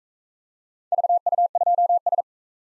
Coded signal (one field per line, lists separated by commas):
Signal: Morse code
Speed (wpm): 43 wpm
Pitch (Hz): 700 Hz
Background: none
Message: VU2S